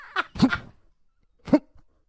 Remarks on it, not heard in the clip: The majestic sound of an incredible owl sneezing. Like my nan sneezing, like trying to hold it in.